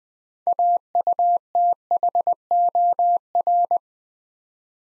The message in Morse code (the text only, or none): AUTHOR